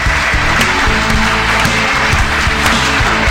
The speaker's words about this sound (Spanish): Una invitada. Tenemos una invitada, ¿tenemos algún tema para presentarla? Eso. ¿Hay palmas?